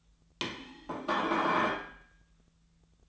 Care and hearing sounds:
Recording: daily activity, microphone in the room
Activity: place plate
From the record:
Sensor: 3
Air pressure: 1009.4 hPa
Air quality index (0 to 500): 198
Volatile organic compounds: 17 ppm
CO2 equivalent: 2566 ppm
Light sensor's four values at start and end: 34/85/36/39 and 34/85/36/39

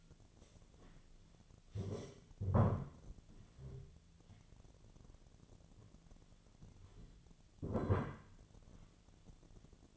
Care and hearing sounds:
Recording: daily activity, microphone in the room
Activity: stand up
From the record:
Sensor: 4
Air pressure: 1008.9 hPa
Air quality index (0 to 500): 171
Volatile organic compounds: 5 ppm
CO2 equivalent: 1715 ppm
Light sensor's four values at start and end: 23/73/28/27 and 23/73/28/26

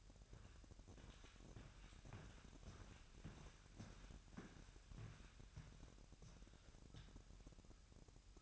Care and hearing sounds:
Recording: daily activity, microphone in the room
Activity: walk to room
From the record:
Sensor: 2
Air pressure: 1012.1 hPa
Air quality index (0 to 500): 145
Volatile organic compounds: 2 ppm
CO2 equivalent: 1051 ppm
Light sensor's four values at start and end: 88/210/86/85 and 87/208/86/85

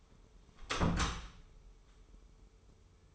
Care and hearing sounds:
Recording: daily activity, microphone in the room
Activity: close door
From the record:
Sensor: 1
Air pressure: 1015.2 hPa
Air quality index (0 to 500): 173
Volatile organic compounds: 13 ppm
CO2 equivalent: 2403 ppm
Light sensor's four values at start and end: 14/33/14/15 and 14/33/14/15

